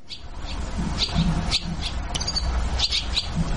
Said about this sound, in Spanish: ¿Y saben qué estamos escuchando? ¿Qué pajaritos? Estamos escuchando a las golondrinas, que cómo las extrañamos. Estamos escuchando a las golondrinas que suelen venir para septiembre.